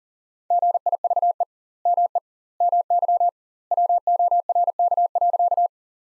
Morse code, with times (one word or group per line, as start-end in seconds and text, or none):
0.5-1.4 GIVE
1.9-2.2 ME
2.6-3.3 MY
3.7-5.7 WORK.